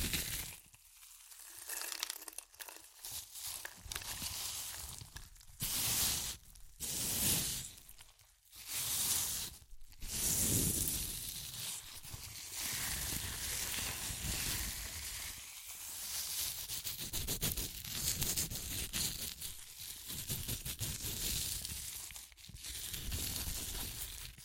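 Crunchy chips are crushed and eaten with dense, crackly crinkling, bursts of bright crunching broken by brief quieter gaps every few seconds.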